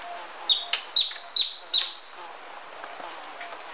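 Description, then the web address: Streak-capped treehunter calls: four sharp, high clicking notes in quick succession, then a thin whistled tone. Recorded in Ecuador. "Natures Songs S America Birds of Ecuador Streak-capped Treehunter"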